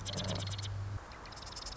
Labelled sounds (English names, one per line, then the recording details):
Marsh Wren
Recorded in Sonoma County, California